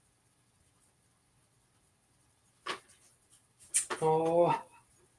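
A snap fastener cap is being handled onto its post, which comes up through the hole in a craft piece, with faint handling noises such as a soft tick near 2.7 seconds. Someone briefly talks near the end. Nothing has seated or clicked yet.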